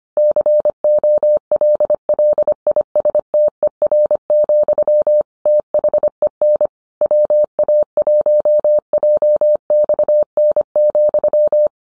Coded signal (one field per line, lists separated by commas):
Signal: Morse code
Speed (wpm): 25 wpm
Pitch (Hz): 600 Hz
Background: none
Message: COLLISTER, THEN WA1JXN,